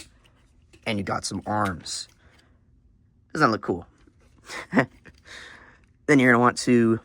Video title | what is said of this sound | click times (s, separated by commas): Transformers Haslab RID2001 Optimus Prime Review (Omega Prime part 1) (it’s peak) | Go in, fold around, fold around, click, click, | 0.3 s, 0.7 s